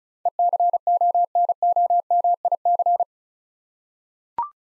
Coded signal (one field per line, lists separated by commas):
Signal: Morse code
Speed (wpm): 35 wpm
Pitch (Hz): 700 Hz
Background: none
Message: ECONOMIC